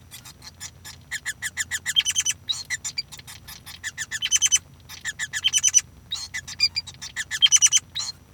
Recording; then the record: song of a male Bengalese finch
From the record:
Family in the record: son of father 5